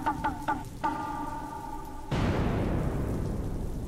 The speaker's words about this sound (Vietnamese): Đang miên man suy nghĩ thì đùng lên một tiếng, rồi hai tiếng, ba tiếng sấm gầm vang lên.